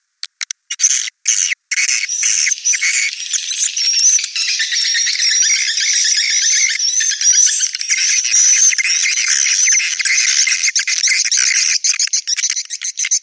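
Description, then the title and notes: Swiftlet calls: after a few sharp clicks at the start, a dense wash of high chirping and squeaky twitters runs to the end. Swiftlet sound used in swiftlet farming in Asia. "Swiflet Bird Sound. Farming Swiflet Bird asia sound"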